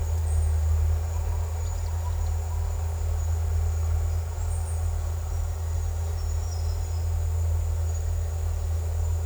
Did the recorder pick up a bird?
no